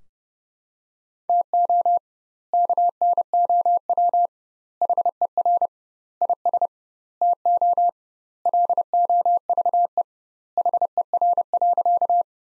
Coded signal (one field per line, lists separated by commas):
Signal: Morse code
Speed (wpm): 32 wpm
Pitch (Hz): 700 Hz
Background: none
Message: TO KNOW HER IS TO LOVE HER.